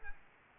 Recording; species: mosquito wingbeat signal from an infrared sensor; Aedes albopictus